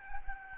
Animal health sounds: mosquito wingbeat signal from an infrared sensor; Aedes albopictus

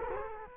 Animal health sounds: mosquito wingbeat signal from an infrared sensor; Culex quinquefasciatus

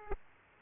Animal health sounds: mosquito wingbeat signal from an infrared sensor; Aedes aegypti

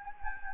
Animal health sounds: mosquito wingbeat signal from an infrared sensor; Anopheles gambiae

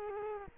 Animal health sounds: mosquito wingbeat signal from an infrared sensor; Culex quinquefasciatus

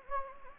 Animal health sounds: mosquito wingbeat signal from an infrared sensor; Anopheles gambiae

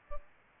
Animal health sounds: mosquito wingbeat signal from an infrared sensor; Aedes albopictus

